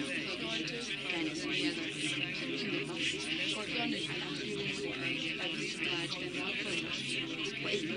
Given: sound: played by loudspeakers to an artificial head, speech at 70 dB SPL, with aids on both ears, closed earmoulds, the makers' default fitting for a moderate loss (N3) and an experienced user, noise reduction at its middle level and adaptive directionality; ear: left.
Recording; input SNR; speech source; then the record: speech test signal (ISTS) in cocktail-party noise; -3 dB; on the right (90 degrees)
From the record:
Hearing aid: class 2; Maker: D